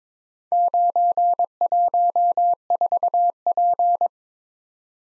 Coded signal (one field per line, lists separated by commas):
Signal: Morse code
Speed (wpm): 22 wpm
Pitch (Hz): 700 Hz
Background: none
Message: 914P